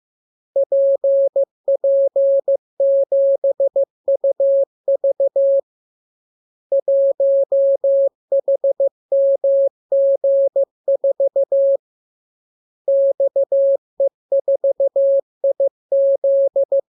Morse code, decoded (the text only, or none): PP7UV 1HMG4 XE4IZ